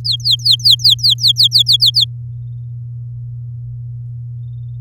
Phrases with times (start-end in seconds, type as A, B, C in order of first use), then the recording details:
0.05-2.05 A. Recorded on 10 May 2018 at 07:09. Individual llb16